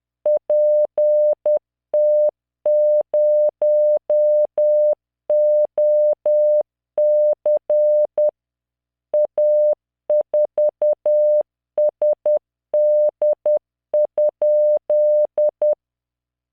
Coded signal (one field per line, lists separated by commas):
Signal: Morse code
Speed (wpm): 10 wpm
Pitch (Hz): 600 Hz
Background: none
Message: PT0OC A4SD?